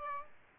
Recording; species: mosquito wingbeat signal from an infrared sensor; Aedes aegypti